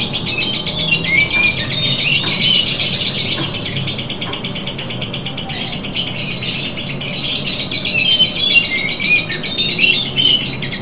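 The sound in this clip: Lovebird calls: busy high-pitched chirping and chatter with sharp squeaky notes that come in bursts, over a low hum.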